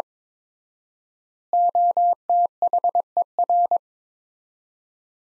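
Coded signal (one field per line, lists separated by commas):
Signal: Morse code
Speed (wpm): 23 wpm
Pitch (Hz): 700 Hz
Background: none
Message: OTHER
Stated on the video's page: Morse sentences from top 400 words at 22 wpm with 4x standard word spacing, a Farnsworth-like practice drill for head-copy.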